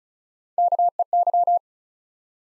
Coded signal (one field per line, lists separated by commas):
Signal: Morse code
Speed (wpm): 36 wpm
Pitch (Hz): 700 Hz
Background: none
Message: KEY